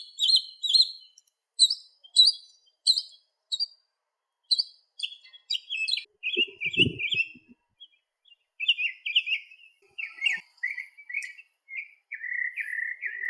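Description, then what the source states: Birds calling, bursts of high chirps followed by series of short, lower whistled notes, with one brief low thump midway. Crescent Beach, Florida; dated 180528.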